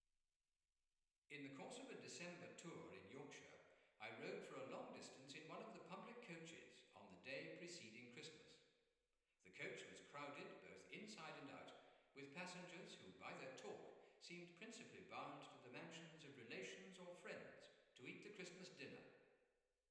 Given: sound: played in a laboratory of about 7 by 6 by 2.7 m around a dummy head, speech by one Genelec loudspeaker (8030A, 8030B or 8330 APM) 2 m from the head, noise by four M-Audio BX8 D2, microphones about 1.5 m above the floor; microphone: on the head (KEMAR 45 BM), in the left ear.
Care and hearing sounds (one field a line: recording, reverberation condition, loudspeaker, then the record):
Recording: male speech in English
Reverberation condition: high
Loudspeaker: 30 degrees to the left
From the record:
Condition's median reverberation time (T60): about 1300 ms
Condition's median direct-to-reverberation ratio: about -4.0 dB